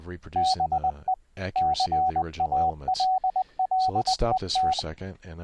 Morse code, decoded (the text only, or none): BE CALLET